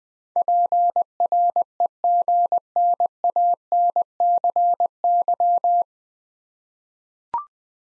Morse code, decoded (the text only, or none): PREGNANCY